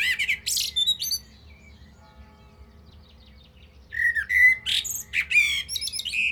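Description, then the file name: Common blackbird song: a phrase of mellow fluted whistles ending in thin, high twitters, a pause, then another warbled phrase with squeaky flourishes. "Turdus merula"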